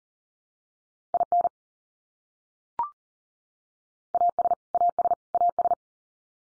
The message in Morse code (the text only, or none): IN AS AS AS